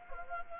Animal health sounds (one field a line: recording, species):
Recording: mosquito wingbeat signal from an infrared sensor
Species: Anopheles gambiae